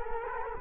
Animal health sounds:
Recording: mosquito wingbeat signal from an infrared sensor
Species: Culex quinquefasciatus

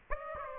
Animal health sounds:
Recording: mosquito wingbeat signal from an infrared sensor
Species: Aedes aegypti

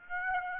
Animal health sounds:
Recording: mosquito wingbeat signal from an infrared sensor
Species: Aedes aegypti

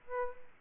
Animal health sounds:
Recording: mosquito wingbeat signal from an infrared sensor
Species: Aedes albopictus

